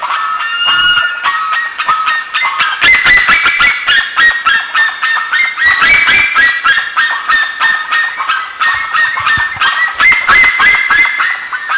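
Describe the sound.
Bird calls, loud and rapid, with a quick series of sharp harsh notes, several per second, alongside bright rising squeals over a busy flock chatter.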